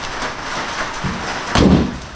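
A carbon fiber car door is swung shut again, and its latch catches on the striker with a solid bang at 1.5 s. Before that there is a steady broadband hiss with a low thump near 1.0 s. The latch seats.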